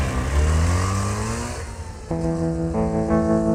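A car engine roars and revs, its pitch sweeping upward, then dips and settles into a steady hum that steps higher twice. Loud, with no talking.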